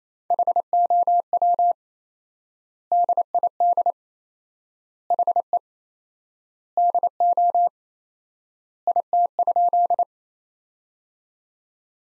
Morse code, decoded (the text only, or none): HOW DID HE DO IT?